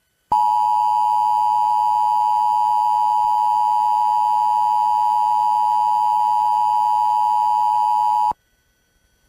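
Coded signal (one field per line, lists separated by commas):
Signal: Emergency Alert System (SAME) tones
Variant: 853 and 960 Hz attention tone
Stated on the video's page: Recreation of an EAS alert with valid EAS tones.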